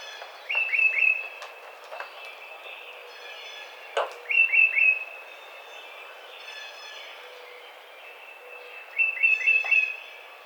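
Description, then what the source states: Tufted titmouse singing three phrases of three or four quick downslurred whistled notes, with a few soft clicks and a steady hiss. Recorded 30 April 2009.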